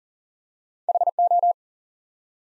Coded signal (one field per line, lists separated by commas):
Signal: Morse code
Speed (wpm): 39 wpm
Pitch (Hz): 700 Hz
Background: none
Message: HO